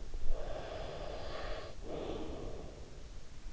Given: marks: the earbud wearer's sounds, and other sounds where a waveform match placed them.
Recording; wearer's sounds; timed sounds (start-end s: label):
sounds in sleep by an in-ear microphone; breath
0.10-3.42 s: breath